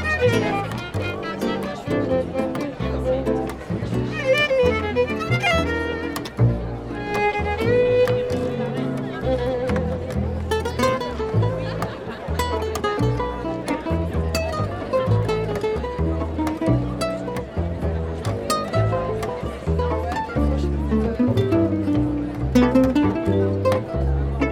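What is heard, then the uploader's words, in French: A crowd gathering at Nuit Debout on Place du Bouffay in Nantes, with loud, steady talk and voices overlapping throughout. The low, rhythmic thumping underneath sounds like music, and brief sharp clatters and bright tones cut in every few seconds. Nuit Debout à Nantes Place du Bouffay.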